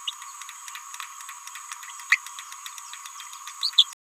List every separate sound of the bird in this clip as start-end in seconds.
0.07-0.12, 2.11-2.19